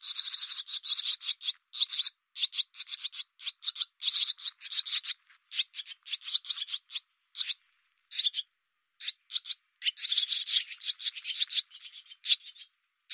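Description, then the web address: Barn swallow giving a near-continuous series of scratchy, rattling notes, bunched into rough bursts with short silences between them. "cianscape birddata Deverinetal 2025"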